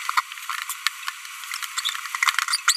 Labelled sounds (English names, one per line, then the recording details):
Green-rumped Parrotlet babbling
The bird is a female
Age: 25 days
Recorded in a nest box in Venezuela
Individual 17B42B1